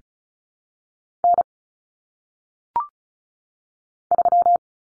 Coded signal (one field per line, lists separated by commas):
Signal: Morse code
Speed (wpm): 35 wpm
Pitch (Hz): 700 Hz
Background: none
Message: N 3